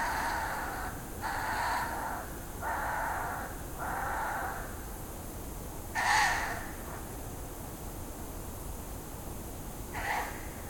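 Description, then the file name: Ural owl uttering hoarse, raspy barking notes, four in quick succession about a second apart, then two sharper single barks after pauses, with constant low hiss. "Strix uralensis - Ural Owl"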